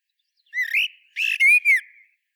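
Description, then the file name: Common blackbird song: a brief phrase opening with a mellow rising whistle, then a rougher note and louder fluted whistles, the last falling away. "Turdus merula"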